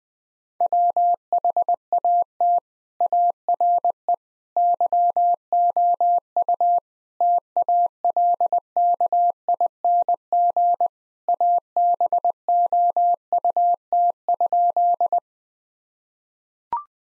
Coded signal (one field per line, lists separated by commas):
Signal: Morse code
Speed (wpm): 20 wpm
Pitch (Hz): 700 Hz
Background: none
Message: WHAT ARE YOU TALKING ABOUT?